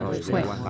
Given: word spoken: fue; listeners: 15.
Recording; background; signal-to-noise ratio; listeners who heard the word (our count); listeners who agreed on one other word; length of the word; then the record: one Spanish word in noise, from a listening test; eight-talker babble; 0.1 dB; 0 of 15; 13 of 15; 0.30 s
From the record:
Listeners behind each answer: 13, 1, 1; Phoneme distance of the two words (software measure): 17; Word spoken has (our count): 1 syllable, 3 phonemes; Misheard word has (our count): 1 syllable, 4 phonemes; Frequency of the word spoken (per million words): 1466.92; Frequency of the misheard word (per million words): 113.58